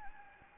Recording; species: mosquito wingbeat signal from an infrared sensor; Anopheles gambiae